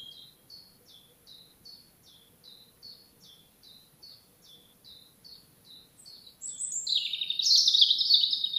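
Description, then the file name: European robin song: a steady series of short high notes, about three per second, then a louder burst of thin, twittering phrases near the end. "Erithacus rubecula"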